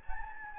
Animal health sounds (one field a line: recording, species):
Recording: mosquito wingbeat signal from an infrared sensor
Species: Anopheles gambiae